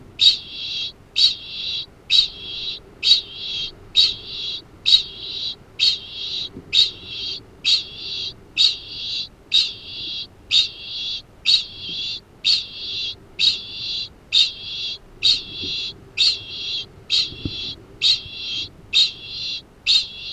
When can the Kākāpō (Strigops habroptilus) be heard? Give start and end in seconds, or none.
0.00-20.32